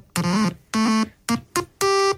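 Five buzzy electronic tones from a touch keyboard made from a plain piece of copper plate with keys drawn on it, played by touching it, one after another at different pitches, mostly rising, with a couple of short notes between longer held ones, slightly out of tune. No one speaks.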